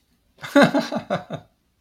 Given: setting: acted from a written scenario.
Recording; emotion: vocal sound without words; amusement